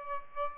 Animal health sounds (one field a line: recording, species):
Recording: mosquito wingbeat signal from an infrared sensor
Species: Aedes aegypti